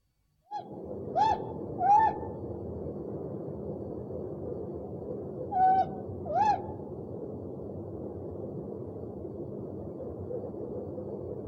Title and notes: Sovy - Eulen - Owls. 69 variant hlasů - 11 druhů sov